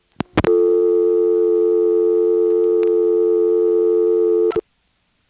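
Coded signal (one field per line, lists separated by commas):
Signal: telephone call progress tone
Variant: North America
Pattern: dial tone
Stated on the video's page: Recorded on an ITT Pentaconta crossbar switching exchange in Asheboro, North Carolina.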